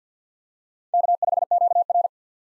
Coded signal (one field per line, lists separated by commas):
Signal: Morse code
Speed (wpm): 50 wpm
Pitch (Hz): 700 Hz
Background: none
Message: K5QR